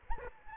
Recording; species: mosquito wingbeat signal from an infrared sensor; Anopheles arabiensis